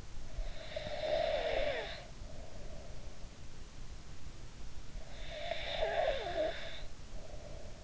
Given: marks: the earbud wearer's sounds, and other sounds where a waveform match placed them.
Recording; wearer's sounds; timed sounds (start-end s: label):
sounds in sleep by an in-ear microphone; snoring breath
0.31-3.48 s: snoring breath
5.13-7.84 s: snoring breath